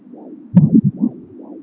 Baby heart beat.